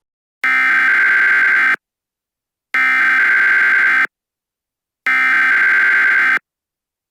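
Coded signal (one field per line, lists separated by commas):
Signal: Emergency Alert System (SAME) tones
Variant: header bursts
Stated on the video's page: Fictional EAS scenario made for entertainment.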